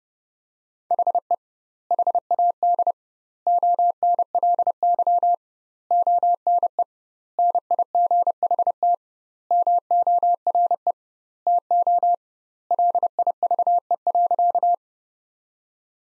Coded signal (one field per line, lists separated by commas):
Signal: Morse code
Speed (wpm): 30 wpm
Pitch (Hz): 700 Hz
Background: none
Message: HE HAD ONLY ONE NIGHT MORE TO LIVE.